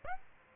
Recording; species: mosquito wingbeat signal from an infrared sensor; Aedes aegypti